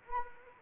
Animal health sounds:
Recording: mosquito wingbeat signal from an infrared sensor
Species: Anopheles arabiensis

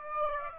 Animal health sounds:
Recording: mosquito wingbeat signal from an infrared sensor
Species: Aedes aegypti

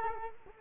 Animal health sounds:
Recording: mosquito wingbeat signal from an infrared sensor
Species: Culex quinquefasciatus

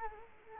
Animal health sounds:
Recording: mosquito wingbeat signal from an infrared sensor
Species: Culex quinquefasciatus

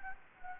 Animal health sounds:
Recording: mosquito wingbeat signal from an infrared sensor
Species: Anopheles gambiae

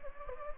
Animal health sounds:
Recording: mosquito wingbeat signal from an infrared sensor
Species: Anopheles gambiae

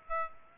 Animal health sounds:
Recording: mosquito wingbeat signal from an infrared sensor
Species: Aedes aegypti

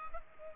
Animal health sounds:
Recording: mosquito wingbeat signal from an infrared sensor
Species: Culex pipiens

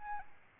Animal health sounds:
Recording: mosquito wingbeat signal from an infrared sensor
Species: Aedes albopictus

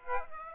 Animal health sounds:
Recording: mosquito wingbeat signal from an infrared sensor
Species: Aedes aegypti

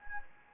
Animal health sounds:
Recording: mosquito wingbeat signal from an infrared sensor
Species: Anopheles gambiae

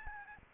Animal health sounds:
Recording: mosquito wingbeat signal from an infrared sensor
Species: Aedes albopictus

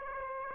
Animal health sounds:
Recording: mosquito wingbeat signal from an infrared sensor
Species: Aedes aegypti

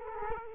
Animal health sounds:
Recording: mosquito wingbeat signal from an infrared sensor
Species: Culex quinquefasciatus

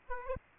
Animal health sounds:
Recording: mosquito wingbeat signal from an infrared sensor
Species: Aedes aegypti

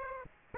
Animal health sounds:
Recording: mosquito wingbeat signal from an infrared sensor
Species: Aedes aegypti

